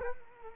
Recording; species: mosquito wingbeat signal from an infrared sensor; Culex quinquefasciatus